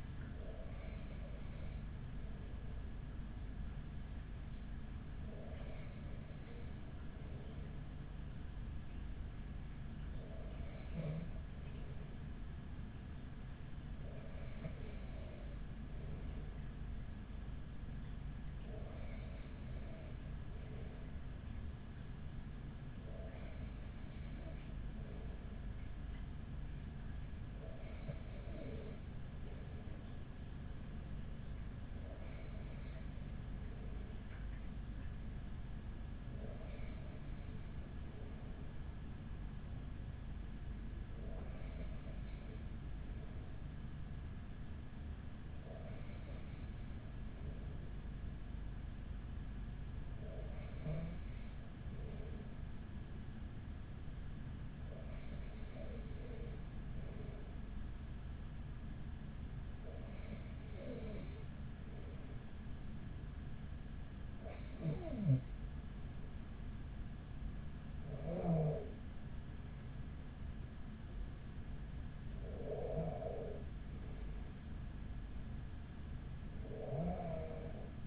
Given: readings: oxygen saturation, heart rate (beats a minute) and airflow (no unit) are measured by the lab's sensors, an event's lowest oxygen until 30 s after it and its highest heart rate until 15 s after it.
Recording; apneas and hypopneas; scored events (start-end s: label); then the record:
breathing in sleep by a smartphone at the bedside; 1
55.00-70.80 s: hypopnea (N2, oxygen 94% highest, then 94% lowest, heart rate 42 at the start, 47 highest)
63.00-78.07 s: new sleep stage, N1 (lightest sleep)
From the record:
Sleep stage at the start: N2 (light sleep); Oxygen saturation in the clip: 94 to 95%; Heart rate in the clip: 41 to 47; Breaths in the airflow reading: 17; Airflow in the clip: -6.5 to 7.3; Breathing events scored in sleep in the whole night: 207 in 7.6 hours asleep